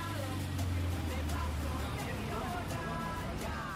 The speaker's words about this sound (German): 5 Minuten von der IMPA entfernt in Gascon 123, einer schmalen, verkehrsreichen Durchgangsstraße.